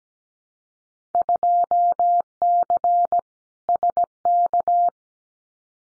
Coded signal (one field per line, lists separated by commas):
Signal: Morse code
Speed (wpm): 17 wpm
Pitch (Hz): 700 Hz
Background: none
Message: 2C SK